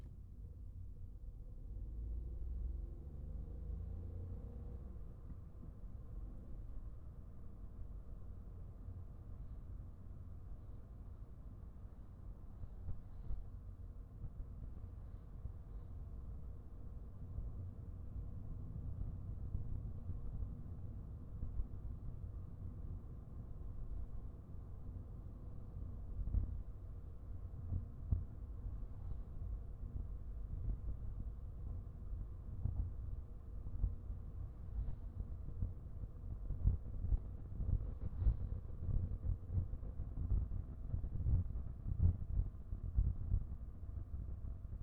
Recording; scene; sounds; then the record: everyday scene through a hearing-aid microphone; in a vehicle; engine, highway driving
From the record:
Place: Skoda Fabia, gasoline engine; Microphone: behind the ear, right, rear